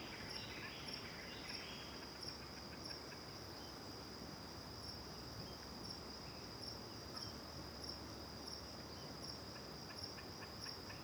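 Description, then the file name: Cricket chirping in a steady high band, brief pulses repeating roughly every half second, with a few faint bird notes over a dense natural background hiss. One cricket near and others far off, recorded with back to a river at Terra Ronca; various birds also present; stereo AB recording. "Grilo perto e outros grilos longe de costas para o rio em terra ronca, varios passaros, vaca longe, gravacao em ab"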